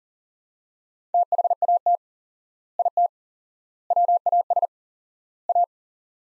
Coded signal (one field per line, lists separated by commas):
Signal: Morse code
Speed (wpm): 40 wpm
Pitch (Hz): 700 Hz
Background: none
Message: THAT IT WAS A